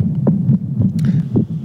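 Soft, muffled low thumps repeat steadily under a constant hum: an adult man's heartbeat recorded on a cell phone, in a man with a history of quadruple bypass heart surgery, a stroke and brain surgery.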